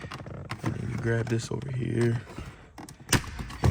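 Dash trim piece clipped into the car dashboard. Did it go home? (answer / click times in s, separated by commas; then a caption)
released / 3.1 s. Someone talks while a second dash trim piece, clipped into the dashboard of a 2020 Mustang GT, is grabbed and pulled during fitting of PP1 dash gauges. Its clips release with a sharp snap at 3.1 s, and the trim piece pops out.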